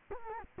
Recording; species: mosquito wingbeat signal from an infrared sensor; Culex quinquefasciatus